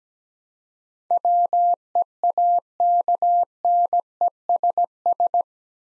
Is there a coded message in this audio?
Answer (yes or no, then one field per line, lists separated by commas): yes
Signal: Morse code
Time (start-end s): 1.1-5.4 s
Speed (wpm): 17 wpm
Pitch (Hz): 700 Hz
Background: none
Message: WEAKNESS